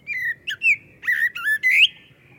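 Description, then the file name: Common blackbird with six clear whistled notes, some rising and some falling, spaced unevenly over about two seconds. "Turdus merula"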